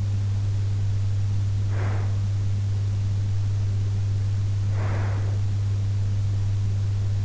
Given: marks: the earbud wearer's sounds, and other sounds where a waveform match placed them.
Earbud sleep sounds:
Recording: sounds in sleep by an in-ear microphone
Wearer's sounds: breath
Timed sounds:
1.13-3.28 s: breath
4.33-6.30 s: breath

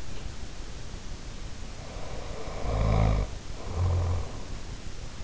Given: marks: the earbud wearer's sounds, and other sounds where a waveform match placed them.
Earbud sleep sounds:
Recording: sounds in sleep by an in-ear microphone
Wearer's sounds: snoring breath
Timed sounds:
1.64-4.59 s: snoring breath

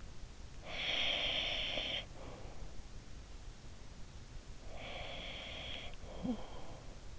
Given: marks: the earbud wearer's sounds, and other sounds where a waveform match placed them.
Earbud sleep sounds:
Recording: sounds in sleep by an in-ear microphone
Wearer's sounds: breath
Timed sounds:
0.28-2.73 s: breath
4.11-7.19 s: breath

